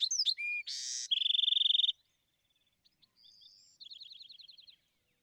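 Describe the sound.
Bewick's wren song ending: a harsh buzzy note and a loud rapid trill, then a pause, a thin rising whistle and a softer trill.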